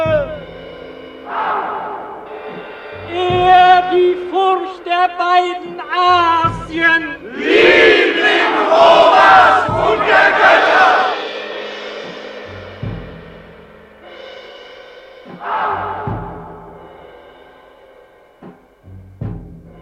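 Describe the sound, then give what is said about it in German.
A large crowd roars and cheers in loud, surging waves as a triumphal procession passes through the triumphal arch the city built for its great son, with shouted calls rising above the din, peaking in a dense swell of voices midway before easing into scattered shouts. “Jetzt durchziehen sie den Triumphbogen, den die Stadt ihrem großen Sohn errichtet hat.”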